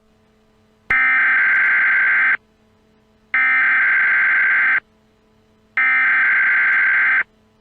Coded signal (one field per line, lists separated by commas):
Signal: Emergency Alert System (SAME) tones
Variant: header bursts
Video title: EAS Scenario: Possessed